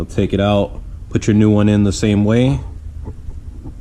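Someone talks while a new coin cell battery is handled and put into the holder of a Toyota car key fob remote, followed by a few faint, soft handling sounds. Nothing has seated or clicked yet.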